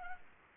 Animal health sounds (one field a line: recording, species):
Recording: mosquito wingbeat signal from an infrared sensor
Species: Anopheles arabiensis